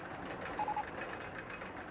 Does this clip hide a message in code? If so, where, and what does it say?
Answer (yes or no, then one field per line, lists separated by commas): no